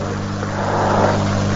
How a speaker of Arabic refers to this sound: شو هاي سيارة؟